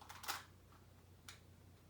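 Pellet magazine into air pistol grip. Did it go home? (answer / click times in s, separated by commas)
no / none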